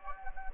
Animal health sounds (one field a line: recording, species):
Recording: mosquito wingbeat signal from an infrared sensor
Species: Anopheles gambiae